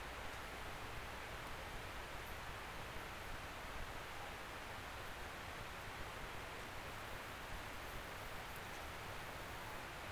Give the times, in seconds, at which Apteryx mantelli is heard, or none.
none